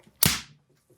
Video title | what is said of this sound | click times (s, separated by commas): 2022 Fox DPS Performance Elite Full service guide for beginners. | We hear that snap and we are good. | 0.2 s